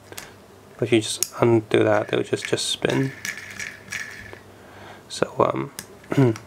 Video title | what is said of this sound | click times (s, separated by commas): Kamen Rider HG SP Taisen GP Sango X Ninninger Review | Right now you can hear there's a click, but | 0.1 s, 0.2 s